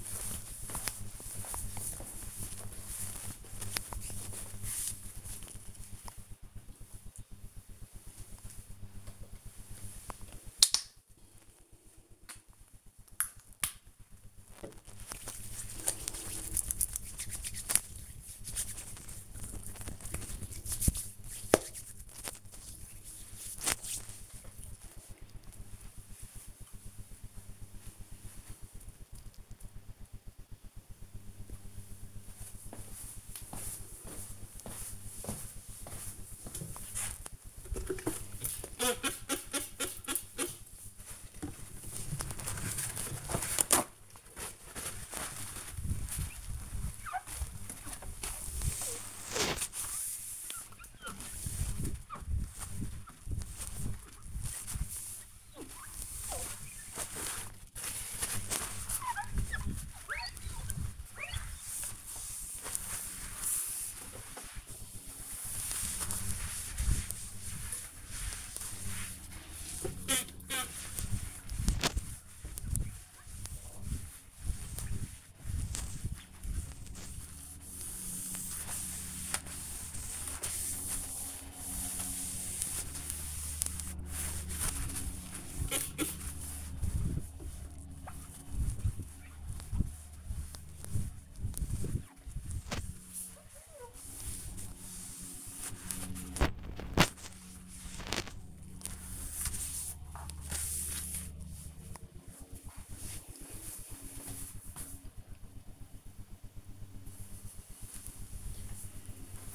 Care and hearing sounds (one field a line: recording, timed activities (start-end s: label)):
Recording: household activities, microphone on the right wrist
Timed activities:
9.01-24.13 s: disinfecting hands
36.21-97.69 s: window cleaning